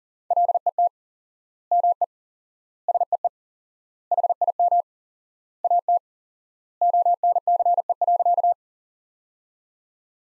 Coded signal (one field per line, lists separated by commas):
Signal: Morse code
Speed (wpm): 40 wpm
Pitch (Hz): 700 Hz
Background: none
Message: LET ME SEE HIM AT ONCE.